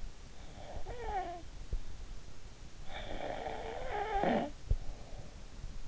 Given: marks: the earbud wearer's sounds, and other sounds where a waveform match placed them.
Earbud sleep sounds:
sounds in sleep by an in-ear microphone; snoring breath
0.03-1.98 s: snoring breath
2.95-5.43 s: snoring breath

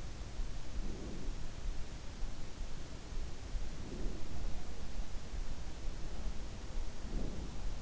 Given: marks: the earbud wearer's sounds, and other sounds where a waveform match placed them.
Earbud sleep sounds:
sounds in sleep by an in-ear microphone; breath
0.60-1.72 s: breath
3.71-4.57 s: breath
6.93-7.53 s: breath

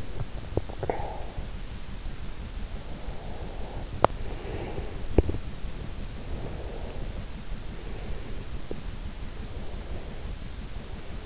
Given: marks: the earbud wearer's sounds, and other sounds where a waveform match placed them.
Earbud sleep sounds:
sounds in sleep by an in-ear microphone; swallowing, breath, teeth grinding
0.00-1.43 s: swallowing
2.96-5.14 s: breath
3.89-4.30 s: teeth grinding
5.14-5.54 s: teeth grinding
5.85-8.74 s: breath
9.20-11.26 s: breath

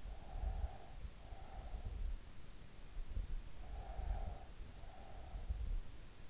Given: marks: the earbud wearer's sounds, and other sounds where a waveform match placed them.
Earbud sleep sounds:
sounds in sleep by an in-ear microphone; breath
0.24-1.97 s: breath
3.61-5.68 s: breath

